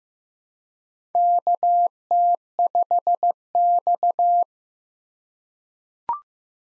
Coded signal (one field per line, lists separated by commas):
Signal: Morse code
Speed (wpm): 15 wpm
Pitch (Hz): 700 Hz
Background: none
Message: KT5X